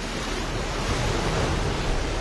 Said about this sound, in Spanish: Esas olas, qué paisaje.